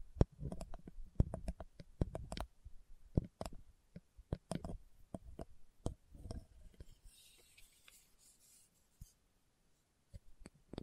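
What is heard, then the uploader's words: Slow ASMR tapping: irregular sharp taps, dense in the first half then sparser, with soft rubbing and a faint hiss around eight seconds. ASMR Slow Tapping for Deep Sleep (No Talking).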